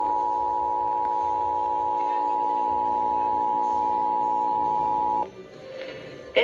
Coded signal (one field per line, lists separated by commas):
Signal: Emergency Alert System (SAME) tones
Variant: 853 and 960 Hz attention tone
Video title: Florida RMT | EAS #302 - #305